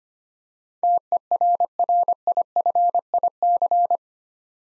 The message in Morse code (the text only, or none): TERRIFIC